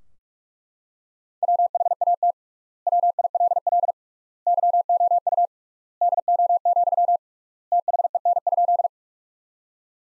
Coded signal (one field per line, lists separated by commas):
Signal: Morse code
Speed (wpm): 41 wpm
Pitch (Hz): 700 Hz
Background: none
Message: WHAT WILL YOU DO, THEN?